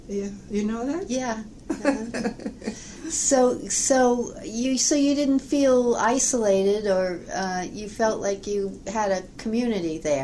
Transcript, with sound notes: Yeah. You know that?
Yeah. (both laugh) So - so you didn't feel isolated, or - you felt like you had a community there.